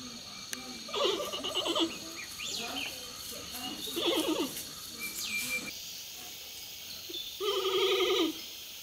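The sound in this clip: Panda bleats: several short, tremulous, harmonic bleats spaced throughout, with clicks and a high hiss in the background.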